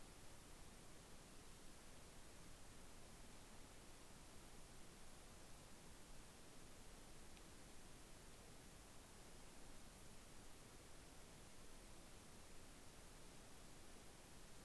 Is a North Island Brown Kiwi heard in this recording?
no